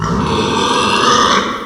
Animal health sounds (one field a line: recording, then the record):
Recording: squeal of a Yucatan mini pig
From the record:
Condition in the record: after surgery on the right vocal fold (resection and tissue-engineered implant)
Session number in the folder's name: 15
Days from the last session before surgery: 175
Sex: female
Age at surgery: 19 weeks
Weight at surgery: 25 kg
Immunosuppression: prednisolone